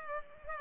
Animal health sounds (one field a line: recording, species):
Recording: mosquito wingbeat signal from an infrared sensor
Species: Culex pipiens